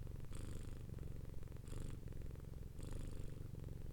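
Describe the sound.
Domestic cat purr, a deep, pulsing drone rising into breathy swells about every one and a quarter seconds.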